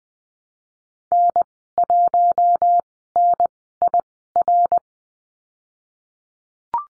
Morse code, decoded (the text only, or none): N1NIR